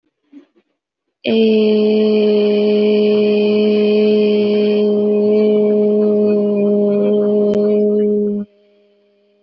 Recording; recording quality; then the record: sustained vowel as in made; excellent, no background noise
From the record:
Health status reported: healthy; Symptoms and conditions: none ticked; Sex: female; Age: 28 years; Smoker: not ticked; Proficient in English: yes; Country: India